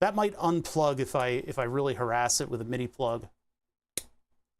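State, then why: Seated. Someone talks for about 3.3 seconds, then a MIDI plug is pushed into a 3D-printed PETG panel mount for a synth module tester. A single sharp click is heard at 4.0 s as the plug seats in the mount.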